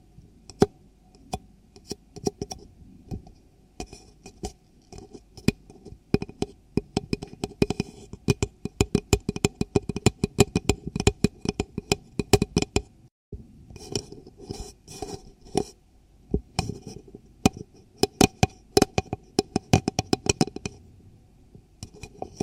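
Ear cleaning sounds made of rapid, crackly clicks and scratches arrive in dense, irregular bursts with a soft low rumble underneath. The clicking thickens from about seven seconds on and stops abruptly near thirteen seconds, then resumes in similar clusters until the end.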